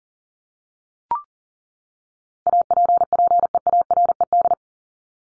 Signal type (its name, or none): Morse code